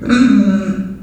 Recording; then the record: squeal of a Yucatan mini pig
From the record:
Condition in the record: after surgery on the right vocal fold (resection and tissue-engineered implant); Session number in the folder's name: 6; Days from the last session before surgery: 40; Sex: female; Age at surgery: 19 weeks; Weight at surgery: 25 kg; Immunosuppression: prednisolone